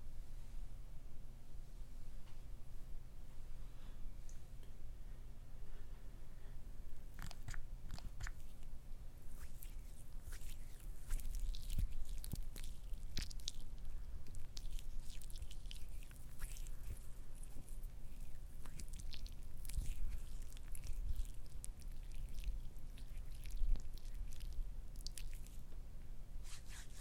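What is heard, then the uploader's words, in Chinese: Lotion being squeezed from a bottle, heard as wet squishing and sticky clicking sounds. It starts quiet, then from about seven seconds the squelches come in dense, uneven bursts through to the end. A low steady hum sits underneath throughout. 乳液擠壓。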